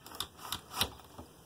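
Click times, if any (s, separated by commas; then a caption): none. The refrigerator/freezer door of a 2019 Forest River Wildwood X-Lite camper is set shut without its latch button being pressed home, giving a few dull knocks around 0.2, 0.5 and 0.8 seconds. Nothing has clicked, so the door looks closed but is left unlatched and will pop open on the road.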